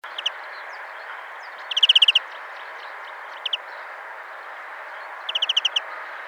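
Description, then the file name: European greenfinch giving rapid chattering runs of short, sharp notes, a long series in the middle and another near the end, with paired notes at the start and between the runs. "Chloris chloris"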